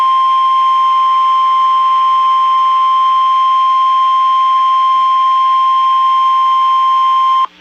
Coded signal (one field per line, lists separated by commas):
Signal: Emergency Alert System (SAME) tones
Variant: 1050 Hz attention tone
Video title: Texas Severe Weather Outbreak 3/14/2022- My Stream Captures (EAS#313-321)